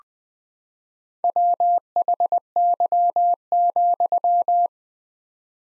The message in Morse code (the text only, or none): WHY,